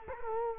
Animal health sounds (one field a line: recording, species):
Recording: mosquito wingbeat signal from an infrared sensor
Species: Culex quinquefasciatus